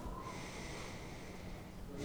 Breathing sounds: one breath near a microphone; inhalation

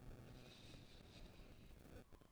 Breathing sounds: one breath near a microphone; inhalation

